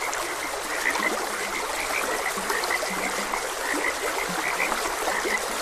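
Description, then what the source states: Frogs giving bright short croaks alongside scattered low, grunting croaks, accompanied by the even hiss of running stream water. Frogs croaking beside a gentle stream.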